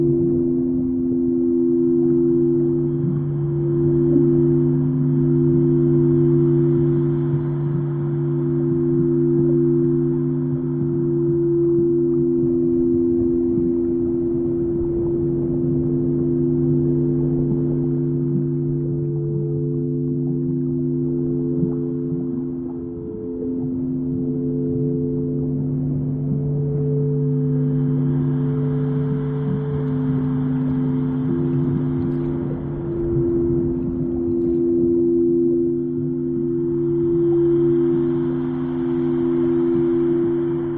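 Singing bowls hum in long, steady low tones that overlap and swell for the whole stretch, a few pitches sustained at once with slow pulsing beats. A soft hiss rises and falls beneath them, brightening in faint washes near the start and again after thirty seconds.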